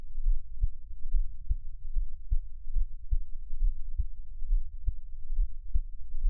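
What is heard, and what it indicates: Steady, soft low thumps at about 70 beats a minute with paired beats: an adult's own heartbeat heard up close in a Taiwanese ASMR piece, with no talking.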